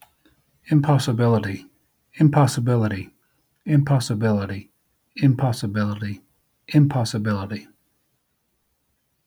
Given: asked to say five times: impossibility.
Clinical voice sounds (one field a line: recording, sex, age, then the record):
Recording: repeated word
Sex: male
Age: 50 to 59 years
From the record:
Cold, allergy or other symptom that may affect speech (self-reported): no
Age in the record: 51 years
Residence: California, United States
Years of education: 16